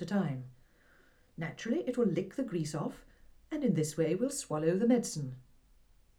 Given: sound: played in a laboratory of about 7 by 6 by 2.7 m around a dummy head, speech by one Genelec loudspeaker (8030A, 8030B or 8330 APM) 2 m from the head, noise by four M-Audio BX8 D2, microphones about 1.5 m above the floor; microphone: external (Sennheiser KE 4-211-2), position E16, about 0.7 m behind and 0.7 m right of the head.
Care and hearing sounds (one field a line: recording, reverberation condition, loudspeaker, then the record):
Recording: female speech in English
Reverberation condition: low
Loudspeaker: 90 degrees to the right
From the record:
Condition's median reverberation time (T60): about 310 ms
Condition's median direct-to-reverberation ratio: about 3.5 dB